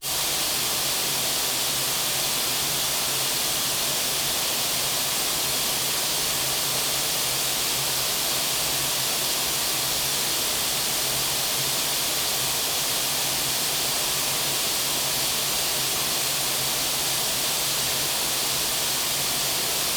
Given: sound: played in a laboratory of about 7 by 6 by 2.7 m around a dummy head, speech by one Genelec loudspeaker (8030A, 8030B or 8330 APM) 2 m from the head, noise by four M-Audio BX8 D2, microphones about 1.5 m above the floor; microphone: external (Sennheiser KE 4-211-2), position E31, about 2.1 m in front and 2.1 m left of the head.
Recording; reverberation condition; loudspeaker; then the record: white noise; high; four, about 170 cm from the corners of the room and facing them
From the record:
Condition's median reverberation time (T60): about 1300 ms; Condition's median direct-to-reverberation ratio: about -4.0 dB